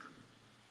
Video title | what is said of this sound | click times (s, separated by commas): EMERGING TECHNOLOGY ( Lecture 3) | and what two now as you're bring it out you'll be hearing it snap | 0.0 s